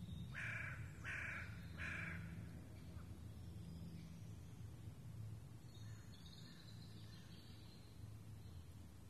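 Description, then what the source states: Raven calls, three rough croaks about two-thirds of a second apart, followed by faint high chirping from small birds over a constant low hum. Ravens recorded in the Forêt de Rambouillet on 24 May 2015.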